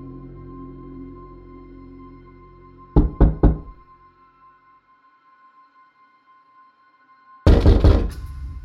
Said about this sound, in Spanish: Se sintió aterrorizado, y aunque siguieron sonando los golpes en los cristales de la ventana de la cocina, no se atrevió a hacer nuevas averiguaciones.